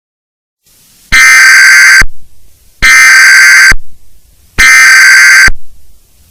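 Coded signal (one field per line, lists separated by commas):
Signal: Emergency Alert System (SAME) tones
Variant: header bursts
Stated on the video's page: Fictional EAS scenario with simulated alert tones about a war of gods across California.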